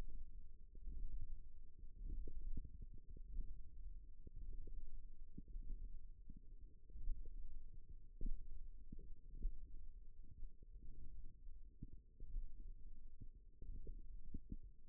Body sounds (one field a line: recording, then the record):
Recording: forearm muscle sounds (acoustic myography)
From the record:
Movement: index flexion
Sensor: system 1, eight BSWA MPA416 microphones around the upper forearm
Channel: 8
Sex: female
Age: 20 years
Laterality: right